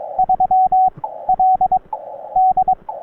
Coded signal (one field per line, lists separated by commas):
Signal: Morse code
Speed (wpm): 22 wpm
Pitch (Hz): 750 Hz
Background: radio noise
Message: 3LD